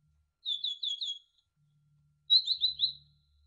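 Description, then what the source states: Great tit song: two bursts of rhythmic, repeated whistled notes. Masteran recording, used as training audio to teach songbirds.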